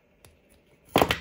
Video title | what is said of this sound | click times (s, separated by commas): Crimping and making custom cables | and i just pull it through until you kind of hear it click | 1.0 s, 1.1 s